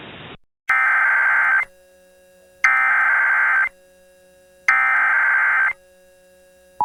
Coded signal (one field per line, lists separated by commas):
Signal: Emergency Alert System (SAME) tones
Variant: header bursts